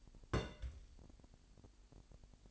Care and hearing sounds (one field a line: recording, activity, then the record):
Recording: daily activity, microphone in the room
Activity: place on stove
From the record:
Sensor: 5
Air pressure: 1002.1 hPa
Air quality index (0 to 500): 262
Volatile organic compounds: 45 ppm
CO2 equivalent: 3220 ppm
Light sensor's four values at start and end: 19/41/18/20 and 19/41/18/20